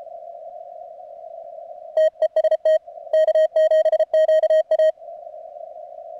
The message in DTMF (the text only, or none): none